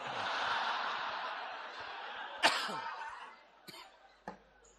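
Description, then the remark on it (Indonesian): A sharp cough bursts out during an Islamic religious study session (kajian) over a steady murmur of crowd noise, followed by two shorter, softer coughs as the background chatter fades. “Jarang saya kajian batuk begini.”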